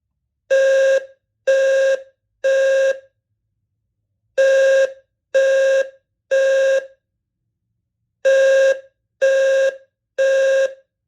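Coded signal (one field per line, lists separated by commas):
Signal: alarm pattern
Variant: 520 Hz low-frequency horn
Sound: three sets of three harsh low buzzing horn blasts, each set followed by a pause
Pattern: temporal three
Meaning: Temporal-three fire alarm signal: evacuate the building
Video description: Quick test of my red Eaton Wheelock ELFHN wall-mounted low frequency remote horn on Temporal 3.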